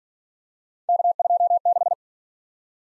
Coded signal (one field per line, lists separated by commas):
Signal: Morse code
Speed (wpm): 47 wpm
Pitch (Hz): 700 Hz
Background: none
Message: K26